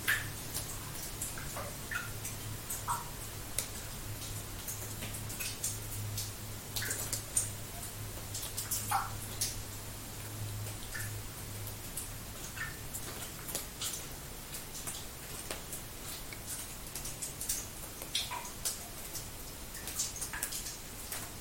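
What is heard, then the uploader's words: Water drops fall in an irregular, fairly dense patter of short, bright ticks and splashes, several per second, steady for the whole stretch. A low, steady hum runs underneath through the first half, fading out after about twelve seconds. The water drop sounds mimic the gentle dripping of water.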